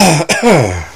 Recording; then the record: coughing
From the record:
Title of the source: Dry Afternoon Cough